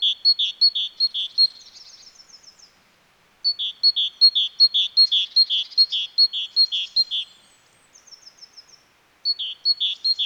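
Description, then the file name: Great tit singing a rhythmic, repeated two-note 'teacher' phrase in long runs, broken by short gaps with faint high chatter. "Parus major"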